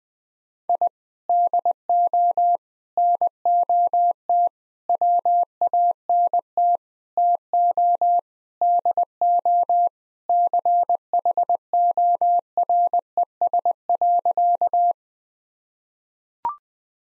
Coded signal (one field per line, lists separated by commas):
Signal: Morse code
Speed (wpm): 20 wpm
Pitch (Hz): 700 Hz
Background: none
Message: I DO NOT WANT TO DO CHORES.